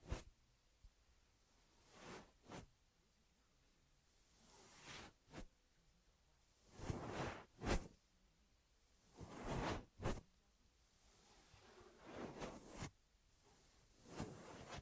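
Ear massage triggers: soft rubbing swishes come in short bursts every second or two, some brushing strokes longer, separated by near silence.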